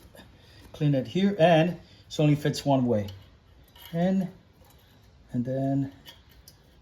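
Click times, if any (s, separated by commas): 6.5 s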